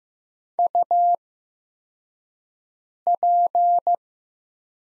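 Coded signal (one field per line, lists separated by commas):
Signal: Morse code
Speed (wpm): 15 wpm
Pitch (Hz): 700 Hz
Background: none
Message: UP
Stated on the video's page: Morse practice set of the top 100 words at 15 wpm with Farnsworth-style 8x character spacing, easing learners toward standard timing.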